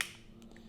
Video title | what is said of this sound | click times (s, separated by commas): Rain Straw - Unboxing | You hear a snap, and then you move your thumb up | 0.0 s